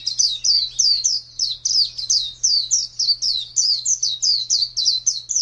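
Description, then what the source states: White-eye singing a continuous chain of high, slurred twittering notes in quick even rhythm, with a constant low hum underneath. White-eye (pleci) song in the style named ngalas panjang.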